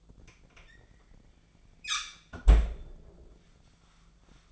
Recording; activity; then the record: daily activity, microphone in the room; close fridge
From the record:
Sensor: 5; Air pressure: 1009.8 hPa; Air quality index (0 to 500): 162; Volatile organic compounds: 4 ppm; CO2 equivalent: 1579 ppm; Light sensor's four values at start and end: 123/313/131/139 and 121/309/129/137